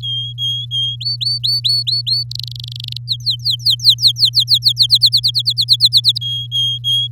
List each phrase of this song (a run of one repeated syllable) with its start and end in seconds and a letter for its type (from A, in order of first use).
0.02-0.96 A, 1.00-2.23 B, 2.31-2.97 C, 3.07-4.87 D, 4.89-6.18 E, 6.21-7.08 A